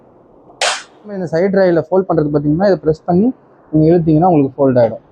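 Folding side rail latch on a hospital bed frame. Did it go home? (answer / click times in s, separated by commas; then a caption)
released / 0.6 s. A caregiver presses the release on the metal side rail of a home hospital bed and pulls it so the rail folds down, with one sharp metallic clack at 0.6 s. Someone talks throughout the rest of the clip. The side rail latch releases and the rail folds.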